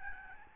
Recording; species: mosquito wingbeat signal from an infrared sensor; Aedes albopictus